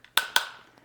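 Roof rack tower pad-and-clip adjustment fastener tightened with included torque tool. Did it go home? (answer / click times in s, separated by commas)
yes / 0.2 s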